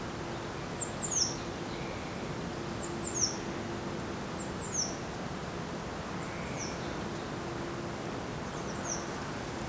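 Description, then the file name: Eurasian blue tit calls: very high, thin descending notes in short clusters, repeated roughly every two seconds over a steady background hiss. "Cyanistes caeruleus"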